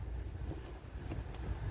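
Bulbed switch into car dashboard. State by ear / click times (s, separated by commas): not seated / none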